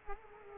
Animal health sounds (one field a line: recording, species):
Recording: mosquito wingbeat signal from an infrared sensor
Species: Culex quinquefasciatus